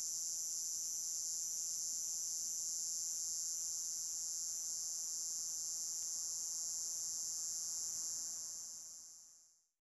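Cicada call, a steady high shrill buzz held without pause for about nine seconds, then fading out quickly at the end.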